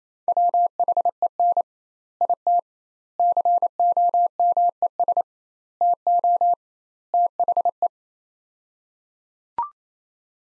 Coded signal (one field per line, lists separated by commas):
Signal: Morse code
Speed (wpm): 28 wpm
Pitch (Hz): 700 Hz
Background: none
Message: WHEN IT COMES TO THE